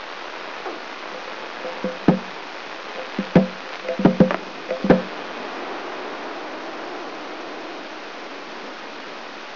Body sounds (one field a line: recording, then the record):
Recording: brain microelectrode recording played as sound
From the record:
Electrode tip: inside the subthalamic nucleus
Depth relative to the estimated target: 0 mm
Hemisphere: right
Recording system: AlphaMap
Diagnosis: Parkinson's disease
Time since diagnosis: 26 years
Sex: female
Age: 68 years